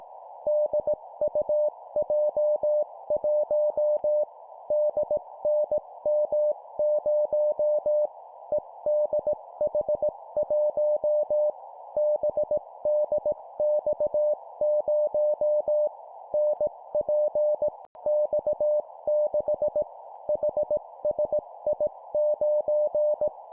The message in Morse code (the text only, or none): DUJ1 DNM0 EDH1 BDX0 NPX6 HSI9